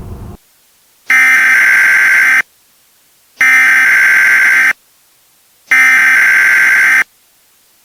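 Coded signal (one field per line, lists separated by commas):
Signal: Emergency Alert System (SAME) tones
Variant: header bursts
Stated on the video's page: Fake EAS scenario made for entertainment, using valid EAS tones.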